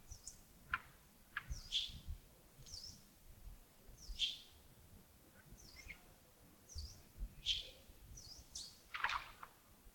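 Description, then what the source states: Bird chirping: quick, high tweets and sharp ticks scattered across the whole stretch, with soft background noise underneath. Early morning at Yagongding, 28 December 2025, around 07:40.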